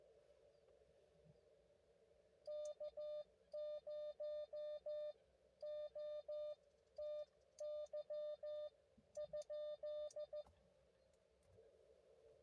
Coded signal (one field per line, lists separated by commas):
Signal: Morse code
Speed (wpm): 14 wpm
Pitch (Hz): 590 Hz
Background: none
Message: K0OTY ?